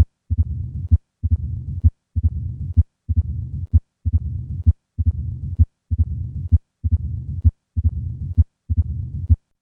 Recorded at the apex. Supine. The sudden change in this murmur with a change in body position is the hallmark of a mobile tumor such as a left atrial myxoma. The sound in early diastole is a tumor plop as opposed to an opening snap.